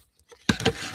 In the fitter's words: See, was it would not pop. There we go. I heard it. It snaps in.